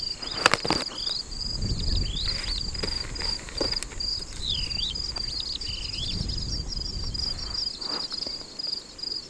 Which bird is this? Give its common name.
Superb Starling